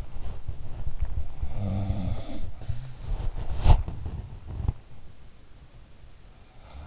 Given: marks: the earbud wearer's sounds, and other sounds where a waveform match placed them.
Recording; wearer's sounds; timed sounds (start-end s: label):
sounds in sleep by an in-ear microphone; body movement
0.00-5.12 s: body movement
1.00-3.36 s: sound from someone else or the room
6.54-6.86 s: sound from someone else or the room